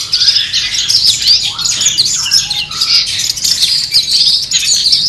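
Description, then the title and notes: Long-tailed shrike song of rapid, varied high chirps and scratchy phrases, with a few lower whistled notes slipping in between. Competition-style song, used to train birds and as mental therapy for them. "Suara Lomba untuk Terapi Mental Cendet. Masteran Burung Cendet"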